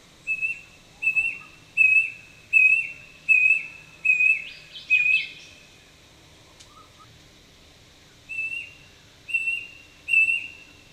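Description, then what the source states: Brush cuckoo song: a series of clear, mournful whistled notes repeated about every three-quarters of a second, pausing, then resuming, over faint background hiss. Recorded in November 2007.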